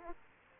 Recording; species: mosquito wingbeat signal from an infrared sensor; Aedes aegypti